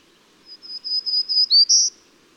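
Bird song: a series of high, clear notes at an even pace, finishing with a dipping, upward-sliding note and a loud high final note, over quiet background.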